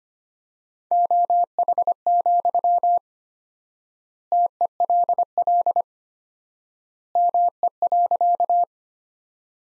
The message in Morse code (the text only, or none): OH, TELL ME.